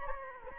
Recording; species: mosquito wingbeat signal from an infrared sensor; Anopheles gambiae